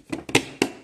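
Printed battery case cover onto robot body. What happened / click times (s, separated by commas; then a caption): The plastic case halves snapped together / 0.3 s, 0.6 s. The two printed battery case halves are pinched together around the battery, fitting the printed battery case cover onto the robot body. Softer taps near 0.1 and 0.3 s lead into sharp plastic snaps at 0.4 s and 0.6 s. The halves have snapped into place, and the battery is now held in the case and won't come out.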